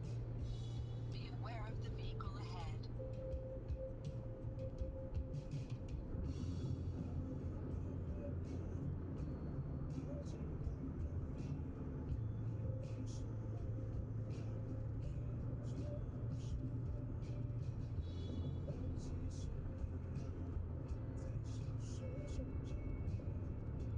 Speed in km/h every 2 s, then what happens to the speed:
82, 84, 87, 85, 87, 87, 88, 89, 89, 90, 90, 90.
0-24 steady at about 87.